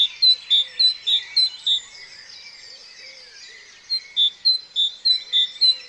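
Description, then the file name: Great tit giving a fast run of sharp, high notes, a pause filled with other birds' twittering, then another quick series. "Parus major"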